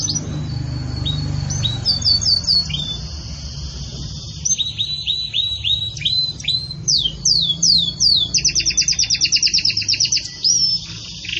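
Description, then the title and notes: Belgian canary song, a run of high whistled notes, sweeping slurs and fast rattling trills with brief gaps, over a low steady hum. Pure "campainha" song style delivered with pauses, for training. "Canto Canário Belga Campainha Puro Com Pausa Para Treinamento. CANARIO BELGA"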